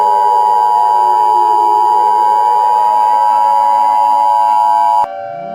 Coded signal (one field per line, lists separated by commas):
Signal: Emergency Alert System (SAME) tones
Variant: 853 and 960 Hz attention tone